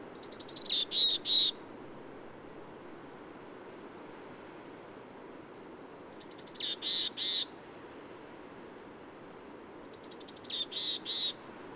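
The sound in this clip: Bird song phrase repeated three times, at uneven intervals: a high descending trill followed by two or three lower buzzy notes, with quiet between phrases.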